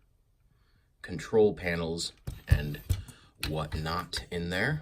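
A hinged plastic cockpit canopy on a brick-built starfighter model is handled while someone talks. Nothing has seated or clicked yet; the canopy has not snapped shut by the end of the clip.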